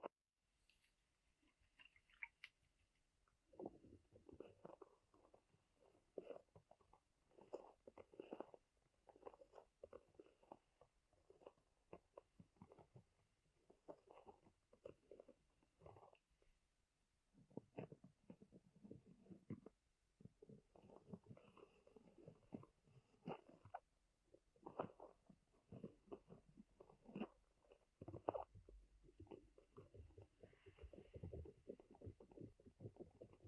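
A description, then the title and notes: An ear massage done with a pineapple: dense, scratchy rubbing and crackling strokes, quiet for the first few seconds, then near-continuous from about 3 seconds on. The rustling comes in bursts with short pauses, notably around 16 and 20 seconds, and is mostly low-to-mid in tone. Ear Massage with Pineapple (No Talking).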